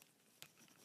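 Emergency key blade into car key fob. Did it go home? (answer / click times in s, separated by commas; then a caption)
yes / 0.4 s. A metal emergency key blade is pushed back into the plastic housing of a Toyota Prius key fob after its battery replacement. Over quiet background noise, a single sharp, bright click sounds at 0.4 seconds as the key clips fully into place.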